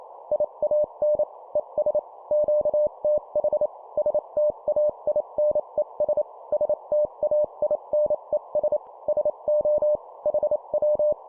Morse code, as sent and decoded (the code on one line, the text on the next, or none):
.. .- -. / . ... / --.- - .... / ... - .- .. -. . ... / ... - .- .. -. . ... / ... --- / .... .--
IAN ES QTH STAINES STAINES SO HW